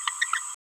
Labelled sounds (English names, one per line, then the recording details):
Green-rumped Parrotlet babbling
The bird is a male
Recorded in a nest box in Venezuela
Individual 17B31A1